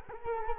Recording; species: mosquito wingbeat signal from an infrared sensor; Culex quinquefasciatus